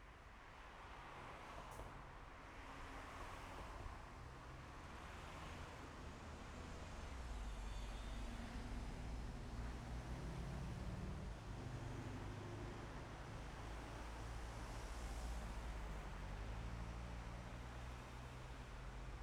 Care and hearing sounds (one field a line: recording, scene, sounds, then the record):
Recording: everyday scene through a hearing-aid microphone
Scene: in traffic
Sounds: traffic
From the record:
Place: main road on the outskirts, rush hour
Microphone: behind the ear, left, rear